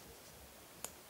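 On an antique Eldridge sewing machine, thread brought around the metal leaf spring of the vibrating shuttle is pulled tight until it snaps under the spring and slips into a small groove. A single sharp click is heard at 0.8 s over quiet background. The thread is seated under the leaf spring.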